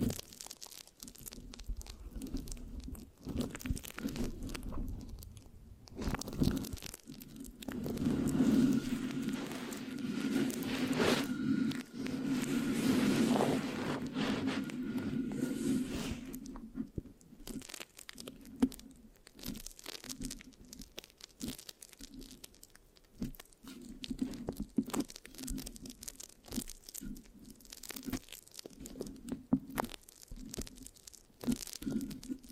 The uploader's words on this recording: Mic Scratching, Sticky, Brain Massage Triggers (No Talking).